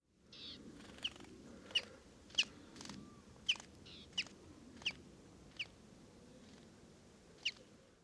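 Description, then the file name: Common chaffinch calls: short, sharp high chinks given one at a time at uneven intervals, roughly one a second, over a low steady background rumble. "Fringilla coelebs"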